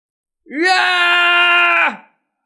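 A young girl in ragged, dirty clothes, her face smeared with tears, lets out one long, loud crying wail, holding a steady high pitch for over a second before her voice slides downward and breaks off. No other sounds accompany it.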